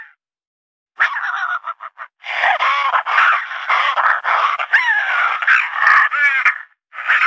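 Raccoon churring and whining calls: a few short clicks, then continuous raspy chatter mixed with wavering, whiny tones rising and falling.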